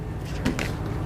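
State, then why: Seated. During reassembly of a small Phoenix Arms HP25A pistol, the steel slide is held back against the compressed recoil spring while the safety is engaged in a notch to hold the slide in place. Two sharp, short hits sound at 0.5 s and 0.6 s over a low steady background. The safety seats in the notch and locks the slide.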